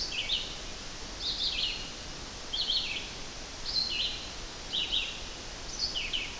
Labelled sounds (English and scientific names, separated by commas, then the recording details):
Red-eyed Vireo (Vireo olivaceus) song
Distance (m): 30 m
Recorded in boreal forest in Alberta, Canada, on 12 June 2016 at 05:50
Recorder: SongMeter 3, array SBT-3-18
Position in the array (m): 241 m, 96 m